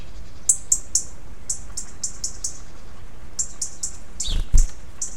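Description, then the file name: European robin uttering a long series of thin, high ticks at a fairly even pace, with a brief low thump near the end over faint rumble. "Erithacus rubecula"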